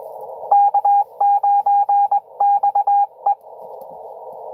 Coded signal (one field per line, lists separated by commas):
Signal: Morse code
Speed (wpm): 20 wpm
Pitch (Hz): 810 Hz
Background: radio noise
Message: K9XE